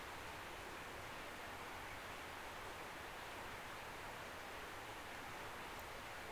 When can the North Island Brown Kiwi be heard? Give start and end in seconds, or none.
none